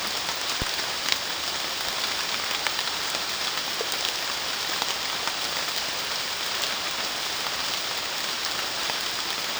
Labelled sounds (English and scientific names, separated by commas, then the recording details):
none
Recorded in dense forest near Puerto Asís, Putumayo, Colombia, on 19 June 2025 at 15:30
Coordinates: 0.466, -76.327
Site GP04